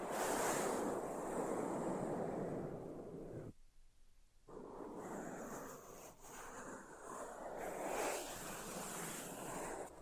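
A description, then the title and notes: Dense scratching fills the recording as a steady rushing hiss, heaviest in the low and middle range and swelling and easing slightly. Near 3.5 seconds it stops for about a second of near silence, then resumes with the same rough texture. (No Talking).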